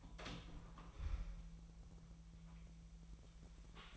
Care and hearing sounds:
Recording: daily activity, microphone in the room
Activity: open door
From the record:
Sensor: 1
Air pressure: 1001.5 hPa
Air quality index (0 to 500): 249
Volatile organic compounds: 130 ppm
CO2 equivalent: 3926 ppm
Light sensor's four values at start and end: 12/29/12/13 and 13/31/13/14

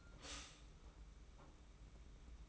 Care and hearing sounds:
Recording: daily activity, microphone in the room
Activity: stop toaster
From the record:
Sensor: 1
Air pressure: 991.7 hPa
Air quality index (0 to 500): 171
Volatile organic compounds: 1000 ppm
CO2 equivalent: 6466 ppm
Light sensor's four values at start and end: 33/109/42/43 and 33/109/42/43

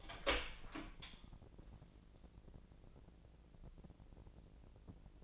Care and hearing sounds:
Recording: daily activity, microphone in the room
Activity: open door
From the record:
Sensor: 5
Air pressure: 1012.4 hPa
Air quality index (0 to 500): 161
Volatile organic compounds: 2 ppm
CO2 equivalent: 1096 ppm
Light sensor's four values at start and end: 160/387/162/176 and 160/388/161/176

